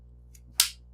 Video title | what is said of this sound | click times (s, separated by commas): Mac Pro 2006 Memory Upgrade Part 2 | lock it in make sure you hear that click that means you're in | 0.6 s